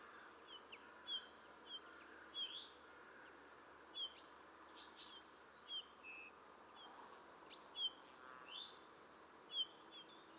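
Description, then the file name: Eurasian bullfinch calls: short, soft whistled notes repeated irregularly over a steady hiss of background noise. "Pyrrhula pyrrhula"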